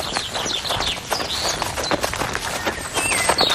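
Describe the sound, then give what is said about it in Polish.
Quick, rhythmic footfalls of someone running along a forest path in Warsaw or Jabłonna, Poland, after a brisk walk, steady thudding strides with birds chirping faintly above. “Najpierw marsz, ale taki żwawy. Później biegamy.”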